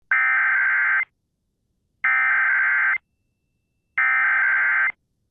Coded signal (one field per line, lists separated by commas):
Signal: Emergency Alert System (SAME) tones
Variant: header bursts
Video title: Tornado Warning (Dickey County, ND) (8/5/25) [EAS #220]